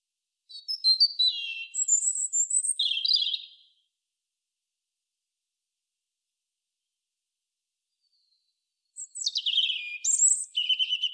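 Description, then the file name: European robin delivering two rich, varied phrases of high liquid warbles, falling whistles and buzzy trills, separated by roughly five seconds of quiet. "Erithacus rubecula"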